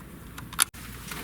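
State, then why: Seated. The metal extension tube of an APOSEN cordless stick vacuum, its pinless end, is pressed down into the pinned socket of the floor brush head. After a soft tap at 0.4 s, a sharp, bright click at 0.6 s marks the tube seating, followed by a brief moment of near silence over a low background hum.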